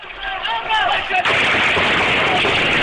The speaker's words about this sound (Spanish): La cadena de televisión Al Jazeera asegura que helicópteros militares y aviones de guerra están bombardeando diferentes áreas de Trípoli. Testigos presenciales narran que el sonido de los disparos y las explosiones no cesan.